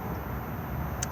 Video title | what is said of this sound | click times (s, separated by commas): 46791 Auto-Sleeper Kemerton XL MQ outside handover | into this part and it will lock into place and then allow you to turn the gas on | 1.0 s